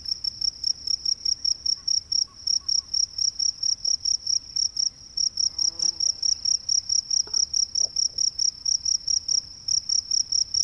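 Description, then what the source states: Crickets chirping, a steady high-pitched pulsing series of rapid chirps. Marsh crickets in daytime, 26 April 2006, mono.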